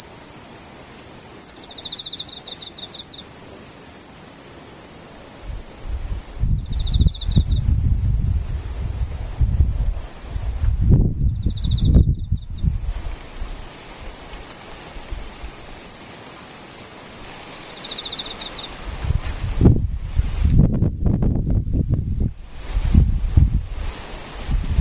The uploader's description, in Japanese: ほぼ無音 後半ムシ